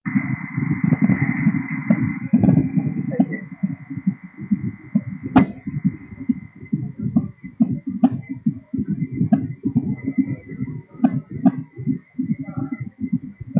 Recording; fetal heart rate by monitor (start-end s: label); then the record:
fetal heart sounds by stethoscope on the mother's abdomen
0.00-10.00 s: 137 bpm
From the record:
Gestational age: 30 weeks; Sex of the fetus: boy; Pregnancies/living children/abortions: 2/1/0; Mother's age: 29 years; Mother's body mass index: 31.6